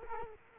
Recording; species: mosquito wingbeat signal from an infrared sensor; Culex quinquefasciatus